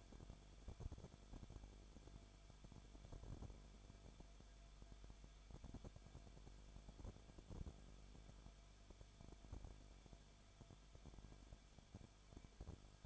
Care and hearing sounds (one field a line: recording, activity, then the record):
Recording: daily activity, microphone in the room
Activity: no activity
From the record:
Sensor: 5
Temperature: 20.4 degrees Celsius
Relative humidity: 39.7%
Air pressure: 1010.8 hPa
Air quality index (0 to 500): 166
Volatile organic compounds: 15 ppm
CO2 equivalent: 2504 ppm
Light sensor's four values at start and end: 2/3/1/1 and 2/3/1/1